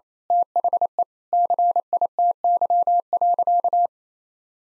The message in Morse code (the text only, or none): THE CITY.